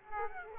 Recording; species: mosquito wingbeat signal from an infrared sensor; Aedes aegypti